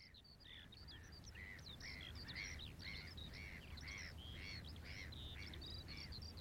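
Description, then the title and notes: Eurasian skylark singing a fast, unbroken stream of high chirping and trilled notes, warbling on without pause over a low steady rumble. Recorded at Ternery Pool on 13 March 2012; skylark singing opens the track. "Ternery Pool, 13th March 2012 This track starts with skylark singing"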